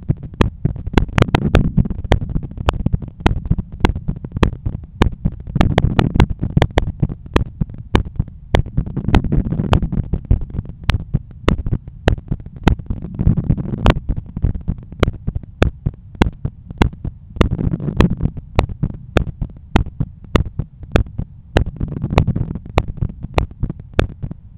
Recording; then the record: heart sounds by stethoscope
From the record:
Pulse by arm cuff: 100 bpm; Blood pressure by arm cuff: 123/82 mmHg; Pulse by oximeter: 101 bpm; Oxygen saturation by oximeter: 96%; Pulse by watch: 102 bpm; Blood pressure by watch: 126/83 mmHg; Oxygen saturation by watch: 94%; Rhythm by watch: sinus rhythm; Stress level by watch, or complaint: low stress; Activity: after lunch and office activities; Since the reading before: plus 1500 steps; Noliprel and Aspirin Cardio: after pills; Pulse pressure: 41 mmHg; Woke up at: 7:20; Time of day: 15:56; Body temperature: 36.1 C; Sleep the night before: 8 h 11 min, score 61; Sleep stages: REM 22%, light 68%, deep 3%, awake 7%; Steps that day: 9500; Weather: sunny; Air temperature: 27.6 C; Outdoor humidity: 50%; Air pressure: 1015 hPa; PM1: 9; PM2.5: 13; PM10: 15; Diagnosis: hypertension, treated with Noliprel and Aspirin Cardio 100 mg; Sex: male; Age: 53 years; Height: 174 cm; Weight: 81 kg